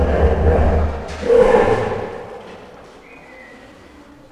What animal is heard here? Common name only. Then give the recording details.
Common Hippopotamus. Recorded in captivity. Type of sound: call. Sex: male. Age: adult. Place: Zoo Berlin, Berlin, DE. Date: 1959-11-07 14:45. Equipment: Reporter (Vollspur). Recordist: Tembrock, Günter. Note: Bulle: Stimmfühlungslaute nach Kot-Markierung. Abstand ca. 20 m